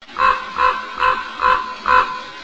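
Common raven giving five hoarse croaks in steady succession, about two each second.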